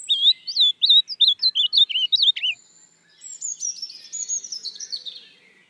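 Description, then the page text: Ultramarine grosbeak: a brisk string of looping whistles, followed by thinner, high-pitched chattering notes that trail off quietly. "AZULÃO (Cyanoloxia Brissonii)"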